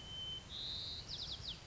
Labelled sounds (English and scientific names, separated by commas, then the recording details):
White-crowned Sparrow (Zonotrichia leucophrys)
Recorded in Sonoma County, California